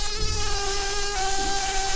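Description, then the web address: Brown-banded carder bee buzzing in a steady, low droning hum with rich overtones, the pitch holding level throughout with a slight shift midway. Queens. "Humilis queens"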